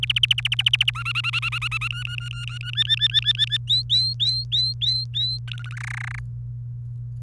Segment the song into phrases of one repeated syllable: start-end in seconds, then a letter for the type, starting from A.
0.03-0.90 A, 0.95-1.88 B, 1.91-2.71 C, 2.73-3.57 D, 3.67-5.38 E, 5.47-5.76 F, 5.77-6.19 G